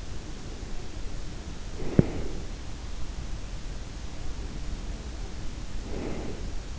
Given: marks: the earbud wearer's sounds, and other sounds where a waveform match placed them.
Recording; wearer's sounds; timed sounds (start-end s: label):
sounds in sleep by an in-ear microphone; breath
0.33-2.80 s: breath
1.79-2.21 s: sound from someone else or the room
4.40-6.79 s: breath